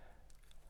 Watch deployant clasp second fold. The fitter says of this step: Nice positive second click to the